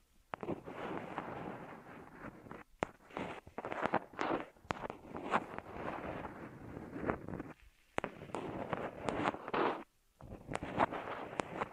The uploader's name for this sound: Ear Massage Triggers